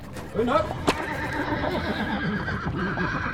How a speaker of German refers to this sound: Die Chaise fährt bergan auf einen verfallenen, dicken Wohnturm zu, der kopflos aus dem Laub ragt.